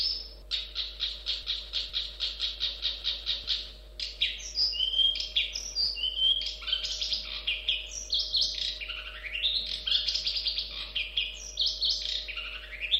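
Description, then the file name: Long-tailed shrike song: a fast run of evenly repeated chattering notes, then a varied jumble of squeaky whistles and rising and falling warbles over a faint steady hum. "suara burung cendet"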